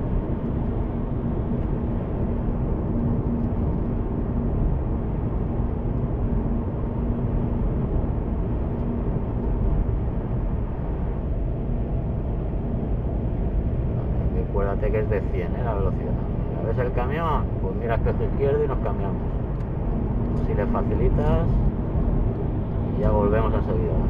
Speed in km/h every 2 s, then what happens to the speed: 84, 91, 93, 93, 92, 93, 94, 95, 95, 96, 97, 94.
0-4 speeds up to 93. 4-24 steady at about 94.